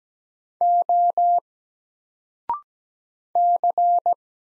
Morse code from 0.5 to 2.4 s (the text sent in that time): O